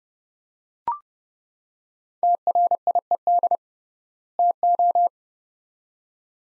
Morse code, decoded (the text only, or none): TRIED TO